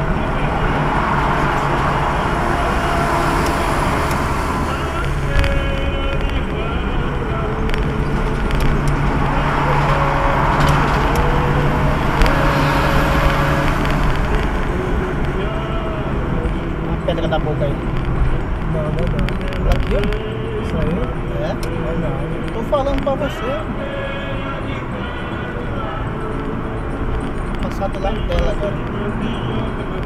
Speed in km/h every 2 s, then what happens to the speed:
86, 85, 86, 87, 88, 87, 86, 83, 77, 72, 70, 69, 70, 71, 74.
0-10 steady at about 86. 10-21 slows to 69.